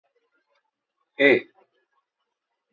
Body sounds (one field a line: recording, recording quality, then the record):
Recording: sustained vowel as in made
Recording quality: excellent, no background noise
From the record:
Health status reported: healthy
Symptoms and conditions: cold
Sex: male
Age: 38 years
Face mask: not worn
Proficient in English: yes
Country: India